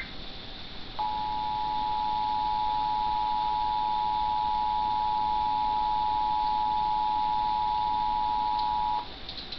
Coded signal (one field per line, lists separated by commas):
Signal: Emergency Alert System (SAME) tones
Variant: 853 and 960 Hz attention tone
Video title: EAS test 3/8/2023